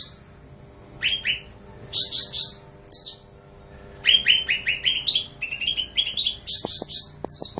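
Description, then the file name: Bulbul song made of quick, clipped notes in short runs, alternating high and lower tones, becoming a steady chattering sequence with a few faint clicks near the end. "suara cucak ranti"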